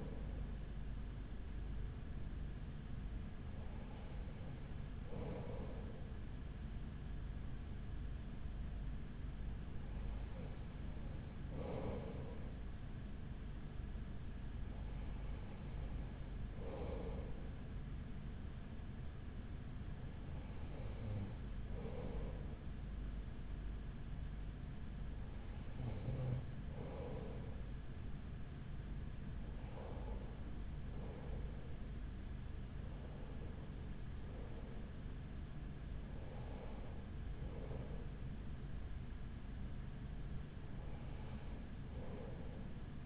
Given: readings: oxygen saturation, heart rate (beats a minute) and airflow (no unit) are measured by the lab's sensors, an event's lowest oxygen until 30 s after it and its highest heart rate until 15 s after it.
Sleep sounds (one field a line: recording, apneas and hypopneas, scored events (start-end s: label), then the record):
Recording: breathing in sleep by a smartphone at the bedside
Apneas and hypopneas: 1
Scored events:
11.00-33.90 s: hypopnea (N2, oxygen 95% highest, then 94% lowest, heart rate 44 at the start, 47 highest)
From the record:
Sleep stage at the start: N2 (light sleep)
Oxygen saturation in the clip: 94 to 95%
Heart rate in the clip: 42 to 47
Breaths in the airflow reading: 9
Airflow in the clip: -5.0 to 5.3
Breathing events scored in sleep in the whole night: 207 in 7.6 hours asleep